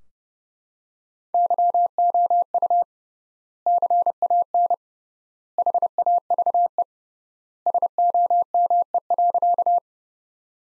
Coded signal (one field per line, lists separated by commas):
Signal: Morse code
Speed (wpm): 30 wpm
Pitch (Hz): 700 Hz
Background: none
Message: YOU CAN HAVE SOME.